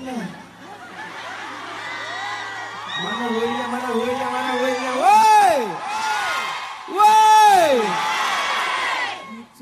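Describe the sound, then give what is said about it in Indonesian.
A crowd of Islamic boarding school students (santri) shouts and cheers together, rising into two loud, high-pitched whooping swells with scattered laughter between them. “Sekarang aku tes suaranya. Teriakannya masih kuat atau enggak?”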